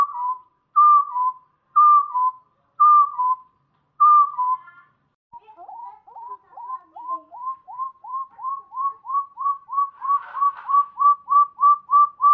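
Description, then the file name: Chestnut-bellied partridge whistling: five drooping clear whistles about a second apart, then a brief pause and a faster, steadily repeated run of short upslurred notes. Java. "suara puyuh gonggong jawa"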